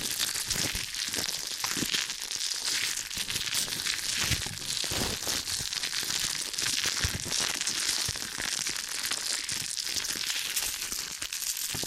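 Ear and scalp massage produces dense, continuous crinkly rubbing and scratching, bright and crackly, with frequent soft thumps and no pauses throughout.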